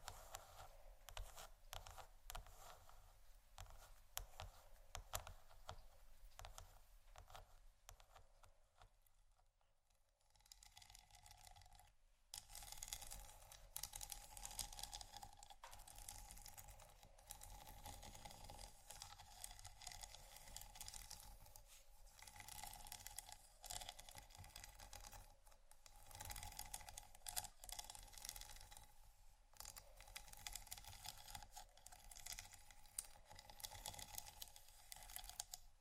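Scratching and tapping go on in dense, fast bursts, pausing briefly near ten seconds, then resuming with a steady mid-pitched ringing tone underneath.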